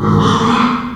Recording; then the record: squeal of a Yucatan mini pig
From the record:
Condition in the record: after surgery on the right vocal fold (resection and tissue-engineered implant); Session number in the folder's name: 16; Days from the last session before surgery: 183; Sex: female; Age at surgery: 19 weeks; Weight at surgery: 25 kg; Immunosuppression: prednisolone